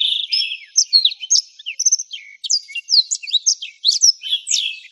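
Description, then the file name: Black-throated canary singing a rapid, jumbled warble of high chirps, short buzzy trills and quick slurred notes, with brief gaps. "suara burung blackthroat"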